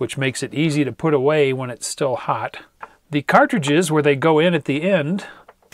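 Someone talks while handling a tip cartridge for the FNIRSI HS-02A DC-powered smart soldering iron, which has a metal case and a metal cap over the end; the cartridge goes into the front end of the handle. A faint short tick comes at about 5.6 s. Nothing has seated or clicked yet.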